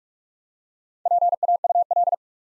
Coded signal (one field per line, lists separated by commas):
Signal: Morse code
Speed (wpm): 43 wpm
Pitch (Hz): 700 Hz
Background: none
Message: PAUL